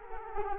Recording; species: mosquito wingbeat signal from an infrared sensor; Culex quinquefasciatus